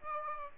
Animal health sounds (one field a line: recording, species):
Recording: mosquito wingbeat signal from an infrared sensor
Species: Aedes aegypti